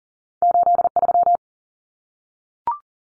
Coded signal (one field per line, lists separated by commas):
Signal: Morse code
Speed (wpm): 40 wpm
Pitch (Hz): 700 Hz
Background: none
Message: 83